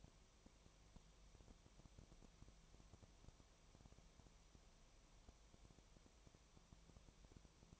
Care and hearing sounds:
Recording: daily activity, microphone in the room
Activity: no activity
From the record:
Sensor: 1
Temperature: 19.4 degrees Celsius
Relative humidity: 35.7%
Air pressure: 1003.3 hPa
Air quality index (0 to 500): 113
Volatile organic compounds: 2 ppm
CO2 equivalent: 1257 ppm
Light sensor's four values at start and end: 1/2/1/1 and 1/2/1/1

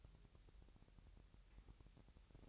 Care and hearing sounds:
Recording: daily activity, microphone in the room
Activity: take from stove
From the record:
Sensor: 3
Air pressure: 1001.9 hPa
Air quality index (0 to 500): 248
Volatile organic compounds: 51 ppm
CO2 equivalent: 3306 ppm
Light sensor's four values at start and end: 6/15/6/6 and 6/15/6/6

